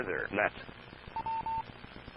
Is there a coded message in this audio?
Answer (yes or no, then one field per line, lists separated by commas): no